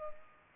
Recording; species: mosquito wingbeat signal from an infrared sensor; Culex pipiens